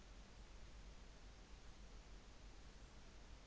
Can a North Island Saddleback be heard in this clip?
no